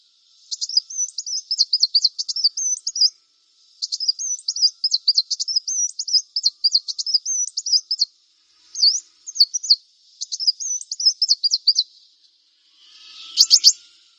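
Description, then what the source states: Brown-throated Sunbird song: long, fast chattering runs of high, twisting notes in several bouts. Vigorously singing bird (described as 'gacor'), called 'kolibri kelapa'.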